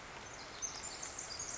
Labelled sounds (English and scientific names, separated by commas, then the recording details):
Pacific Wren (Troglodytes pacificus)
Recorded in Sonoma County, California